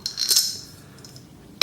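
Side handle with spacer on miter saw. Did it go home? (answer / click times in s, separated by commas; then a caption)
yes / 1.6 s. The shorter side handle with its spacer is fitted one-handed onto an Evolution Rage 3 miter saw. A bright, rattling jingle at the start gives way to quiet handling and faint ticks. A sharp click at 1.6 s marks the handle locking into place.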